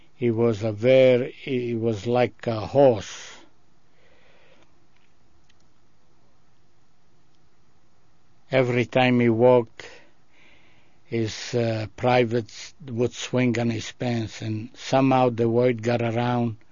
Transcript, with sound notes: he was a very, he was like a horse. (he pauses) Everytime he walked his privates would swing in his pants, and somehow the word got around